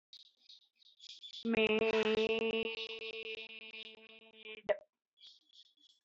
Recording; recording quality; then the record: sustained vowel as in made; moderate, slight background noise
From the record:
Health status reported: healthy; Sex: female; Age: 39 years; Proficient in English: yes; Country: India